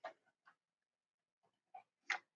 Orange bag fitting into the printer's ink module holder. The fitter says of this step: and then you place the bag in you make sure that the orange i'm not sure if you heard that snap